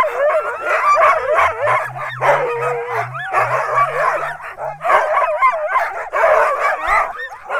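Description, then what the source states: Husky: huskies whining, yipping and howling together in a steady overlapping chorus, wavering pitches throughout, with a low repeated pulsing sound underneath for a few seconds. Huskies, close up.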